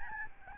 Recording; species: mosquito wingbeat signal from an infrared sensor; Aedes albopictus